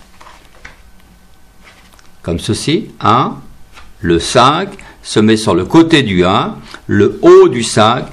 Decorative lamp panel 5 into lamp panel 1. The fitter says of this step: le bas du 5 va se clipser tout naturellement sur le bas du 1 comme